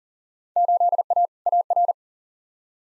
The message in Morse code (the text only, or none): 8A AR